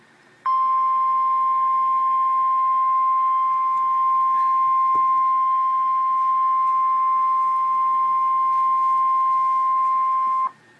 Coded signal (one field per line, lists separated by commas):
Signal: Emergency Alert System (SAME) tones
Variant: 1050 Hz attention tone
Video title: REAL EAS 1007-Severe thunderstorm warning